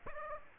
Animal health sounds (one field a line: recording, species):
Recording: mosquito wingbeat signal from an infrared sensor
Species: Aedes aegypti